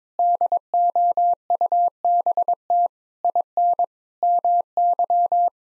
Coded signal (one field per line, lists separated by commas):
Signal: Morse code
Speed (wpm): 22 wpm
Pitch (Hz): 700 Hz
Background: none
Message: DOUBT IN MY